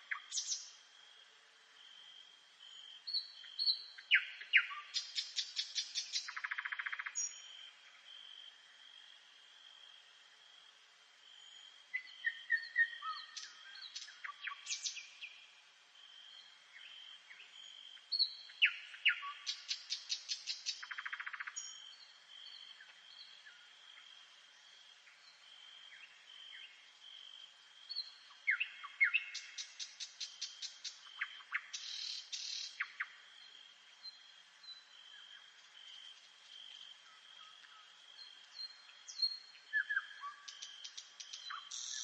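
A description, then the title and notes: Night forest sounds: a thin, steady high whine runs unbroken through the whole clip. Over it, bursts of quick, bright chirps and trills arrive in clusters about every seven to ten seconds, with quieter scattered calls between and no low sounds at all. Night forest.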